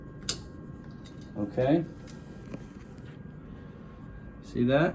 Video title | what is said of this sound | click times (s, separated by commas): ERBE Jet In-Service | give it a good push and then you'll hear a click | 0.3 s